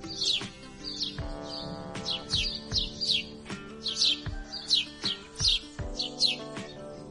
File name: canto do pardal de cabeca cinzenta